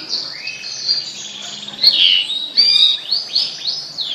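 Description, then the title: Bird song, soft high whistles with a few rising slurred notes and brief louder chirps. "Kicau Burung Yoi"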